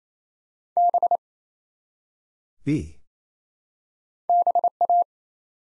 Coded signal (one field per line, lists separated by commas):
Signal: Morse code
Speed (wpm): 27 wpm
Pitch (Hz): 700 Hz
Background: none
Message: B BA